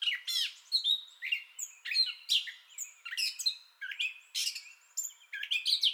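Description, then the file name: Gray catbird singing bursts of harsh squeaks and slurred whistles, each phrase different, separated by brief pauses. Entire song bout, 30 May 2021. "2021-05-30 Gray Catbird Entire Song Bout"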